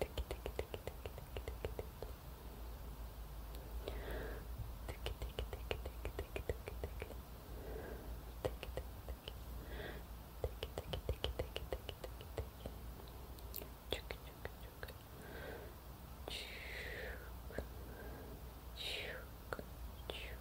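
Soft hand movements and mouth sounds: dense clicks, taps and finger snaps crackle throughout, with whispery breaths and blowing swelling every couple of seconds. Short rising chirp-like mouth noises appear near the end, over a steady low background hum.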